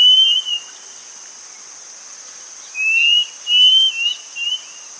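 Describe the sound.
Bird calling with thin, slurred whistled notes, a couple at the start and a quick run of three near the end, over a steady high hiss.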